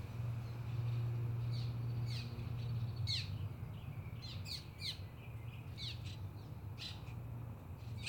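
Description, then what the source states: Bird chirps: quick, sharp downward notes in loose clusters, against a constant low drone. In a city park, amid big-city noise.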